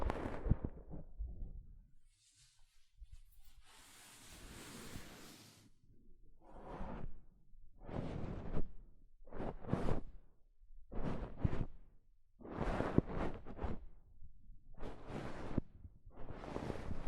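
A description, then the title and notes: Soft fabric brushes against a microphone in repeated rustling swipes, a long airy hiss near five seconds, then regular strokes every second or two. ASMR Mic Brushing using Soft Fabric (No Talking).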